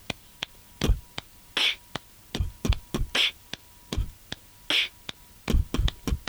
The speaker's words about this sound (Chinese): 好啦，咁首先而家系一个拍手声先，咁样咧听落去都系快快地噶嘛，但系如果我落 break beat 咧，咁个 feel 就系好慢嘅。